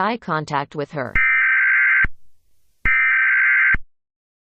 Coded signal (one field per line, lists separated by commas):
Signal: Emergency Alert System (SAME) tones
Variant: header bursts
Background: speech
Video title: EAS scenario: Monika